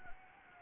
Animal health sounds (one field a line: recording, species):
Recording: mosquito wingbeat signal from an infrared sensor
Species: Anopheles gambiae